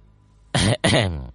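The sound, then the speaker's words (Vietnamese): Two short, dry coughs in quick succession, loud and throaty, with a brief gap between them and silence around them. “Tôi mập ho khan vài tiếng.”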